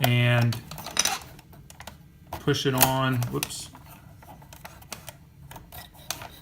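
A plastic replacement vent control tab is pushed onto the dashboard air vent louver of a broken air vent on a 2007–2009 Cadillac SRX while someone talks. Light plastic taps and scrapes are heard as it is worked on, and the tab clips into place with a sharp click at 6.1 seconds.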